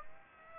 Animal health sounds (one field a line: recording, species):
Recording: mosquito wingbeat signal from an infrared sensor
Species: Aedes aegypti